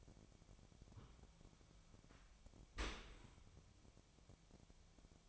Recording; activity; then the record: daily activity, microphone in the room; open dishwasher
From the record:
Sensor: 1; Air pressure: 1006.9 hPa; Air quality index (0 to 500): 207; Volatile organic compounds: 23 ppm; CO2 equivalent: 2786 ppm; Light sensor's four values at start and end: 12/31/12/14 and 12/31/12/14